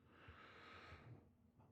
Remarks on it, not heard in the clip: My dog recently had surgery. She's sleeping next to my foot and she is snoring. But she's on medication.